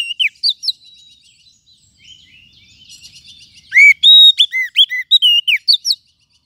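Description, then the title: Lovebird calls: a few sharp chirps, soft twittering in the gap, then a loud rapid run of shrill whistled notes of varying pitch. Lovebird call used as a lure (pikat) to attract lovebirds. "PIKAT BURUNG LOVEBIRD"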